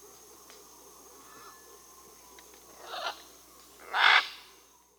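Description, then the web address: Scarlet macaw uttering two harsh squawks near the end, the second louder, over a hissy background. Amazon, Peru, South America. "S America Birds of the Amazon. Scarlet Macaw (Ara macao), Peru"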